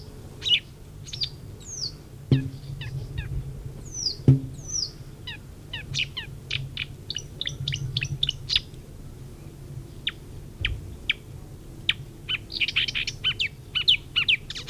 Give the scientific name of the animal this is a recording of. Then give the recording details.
Acrocephalus palustris. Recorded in the wild. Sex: male. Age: adult. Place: Feldberg - Koldenhof, Mecklenburgische Seenplatte, Mecklenburg, DE. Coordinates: 53.3325, 13.3433. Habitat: herb layer. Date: 1976-07-01 20:21. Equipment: Uher CR 210, Sennheiser MD 421 HL, Verstärker, Reflektor, Kopie Uher 4200. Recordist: Tembrock, Günter. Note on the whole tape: In niedrigem Krautwuchs: Brennesseln, Himbeeren, Brombeeren. Gesang